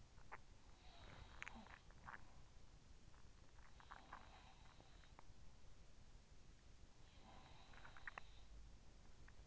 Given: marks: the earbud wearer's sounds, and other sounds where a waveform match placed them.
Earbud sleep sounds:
sounds in sleep by an in-ear microphone; swallowing
0.00-2.47 s: swallowing
0.66-2.91 s: sound from someone else or the room
3.76-5.71 s: sound from someone else or the room
3.77-5.54 s: swallowing
6.93-9.31 s: sound from someone else or the room
7.77-8.58 s: swallowing

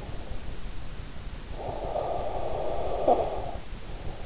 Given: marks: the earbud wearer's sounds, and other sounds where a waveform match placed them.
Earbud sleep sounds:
sounds in sleep by an in-ear microphone; snoring breath
1.42-3.90 s: snoring breath

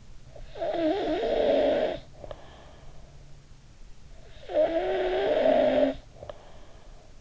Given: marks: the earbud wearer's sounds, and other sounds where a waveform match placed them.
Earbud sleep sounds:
sounds in sleep by an in-ear microphone; snoring breath
0.10-2.81 s: snoring breath
4.21-7.21 s: snoring breath

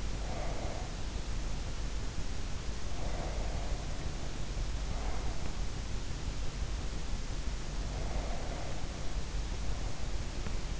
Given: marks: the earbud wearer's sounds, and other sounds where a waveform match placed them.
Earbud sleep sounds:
sounds in sleep by an in-ear microphone; breath
0.00-1.51 s: breath
2.70-5.87 s: breath
7.70-10.80 s: breath

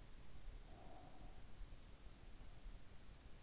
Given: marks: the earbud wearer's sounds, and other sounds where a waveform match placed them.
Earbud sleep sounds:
sounds in sleep by an in-ear microphone; breath
0.45-3.19 s: breath

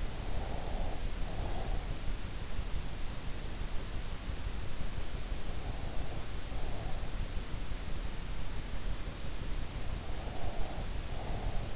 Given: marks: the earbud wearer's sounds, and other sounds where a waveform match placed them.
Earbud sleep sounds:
sounds in sleep by an in-ear microphone; breath
0.00-2.06 s: breath
10.00-11.75 s: breath

